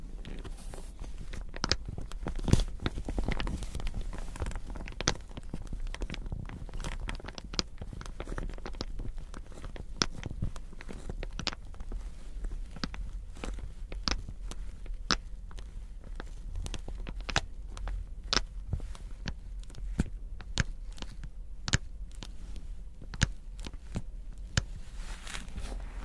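Crystals, beads and jewels are tapped and scratched in a steady stream of sharp, bright clicks, some ringing higher than others. The taps come irregularly but densely throughout, a few louder near the start, over a low constant rumble underneath.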